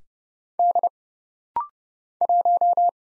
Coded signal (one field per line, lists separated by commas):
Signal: Morse code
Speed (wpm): 30 wpm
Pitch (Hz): 700 Hz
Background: none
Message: D 1